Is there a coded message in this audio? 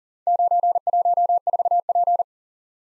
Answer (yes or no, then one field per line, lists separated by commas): yes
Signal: Morse code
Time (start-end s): 0.3-2.2 s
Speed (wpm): 39 wpm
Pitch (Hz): 700 Hz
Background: none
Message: 914P